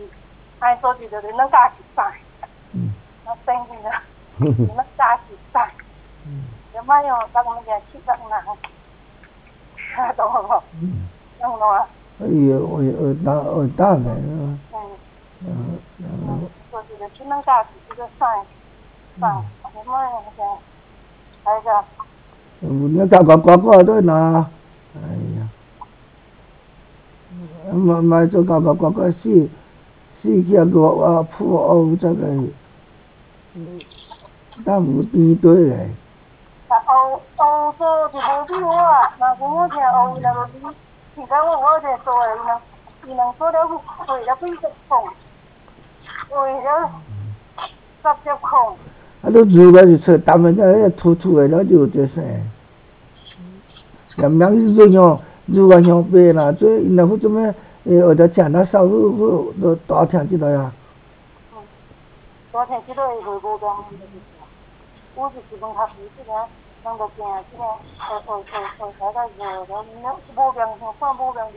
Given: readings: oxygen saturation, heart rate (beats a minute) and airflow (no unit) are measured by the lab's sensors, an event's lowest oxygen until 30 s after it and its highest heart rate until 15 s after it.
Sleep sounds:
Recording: a person awake in a sleep study, by a voice recorder at the bedside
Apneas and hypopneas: none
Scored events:
0.00-71.57 s: awake
From the record:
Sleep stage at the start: awake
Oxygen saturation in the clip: 94 to 96%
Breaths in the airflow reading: 19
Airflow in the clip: -6.6 to 6.2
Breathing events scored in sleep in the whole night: 270 in 6.1 hours asleep

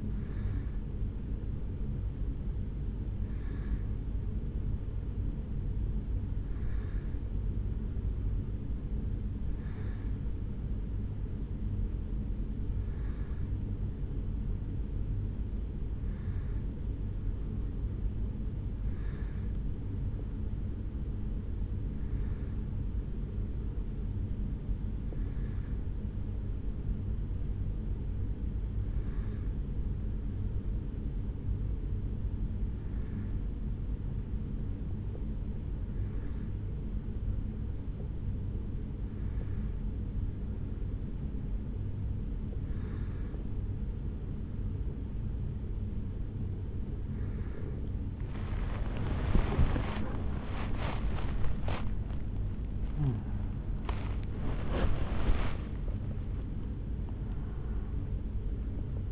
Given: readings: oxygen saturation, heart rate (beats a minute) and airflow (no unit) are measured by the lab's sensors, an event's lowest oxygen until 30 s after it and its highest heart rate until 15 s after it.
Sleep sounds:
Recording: a person awake in a sleep study, by a smartphone at the bedside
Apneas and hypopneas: none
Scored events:
0.00-59.12 s: awake
From the record:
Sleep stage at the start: awake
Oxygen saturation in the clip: 93 to 94%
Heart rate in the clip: 73 to 81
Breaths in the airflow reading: 18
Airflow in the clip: -8.6 to 6.5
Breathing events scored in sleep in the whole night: 449 in 7.0 hours asleep

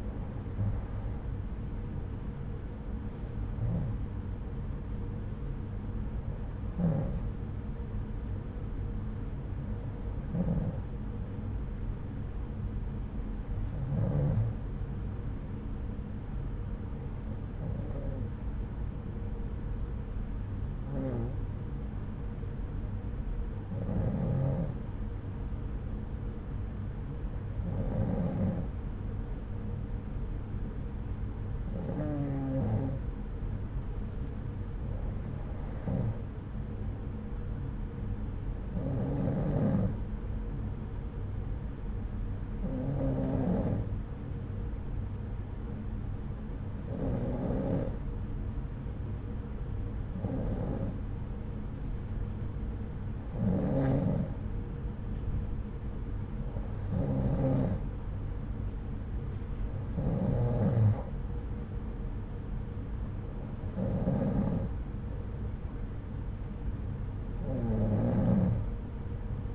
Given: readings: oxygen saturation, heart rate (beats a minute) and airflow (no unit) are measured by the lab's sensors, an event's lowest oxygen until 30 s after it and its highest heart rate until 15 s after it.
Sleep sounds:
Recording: breathing in sleep by a smartphone at the bedside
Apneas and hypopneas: 1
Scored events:
8.00-69.55 s: new sleep stage, N2 (light sleep)
19.00-56.40 s: hypopnea (N2, oxygen 95% highest, then 92% lowest, heart rate 73 at the start, 80 highest)
From the record:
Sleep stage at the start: N1 (lightest sleep)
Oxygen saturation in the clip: 93 to 95%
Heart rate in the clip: 69 to 80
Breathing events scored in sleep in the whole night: 303 in 8.1 hours asleep

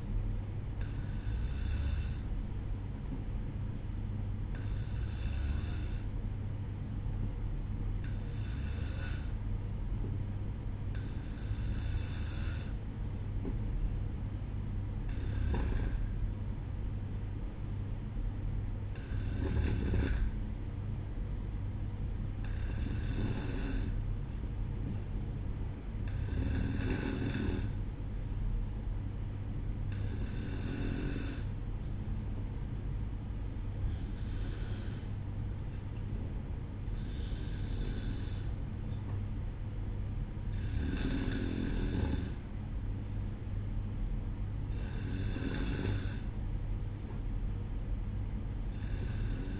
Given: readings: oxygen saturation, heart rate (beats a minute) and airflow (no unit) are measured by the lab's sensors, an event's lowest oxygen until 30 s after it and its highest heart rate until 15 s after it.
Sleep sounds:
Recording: breathing in sleep by a smartphone at the bedside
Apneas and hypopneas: none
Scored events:
3.00-33.00 s: new sleep stage, N1 (lightest sleep)
33.00-49.60 s: new sleep stage, N2 (light sleep)
From the record:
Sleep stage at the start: N2 (light sleep)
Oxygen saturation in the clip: 92 to 94%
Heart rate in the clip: 60 to 66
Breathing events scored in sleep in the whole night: 305 in 9.6 hours asleep

